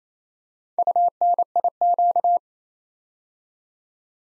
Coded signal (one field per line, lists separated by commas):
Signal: Morse code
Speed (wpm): 29 wpm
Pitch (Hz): 700 Hz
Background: none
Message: UNIQ